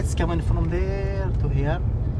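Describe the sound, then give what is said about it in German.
A car's low, steady engine rumble hums throughout as it drives along an alley, with a person's voice rising briefly over the droning road noise. “Mit seinem Auto fährt er mit mir die Gasse entlang, durch die die Fischer damals zogen.”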